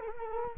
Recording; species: mosquito wingbeat signal from an infrared sensor; Culex quinquefasciatus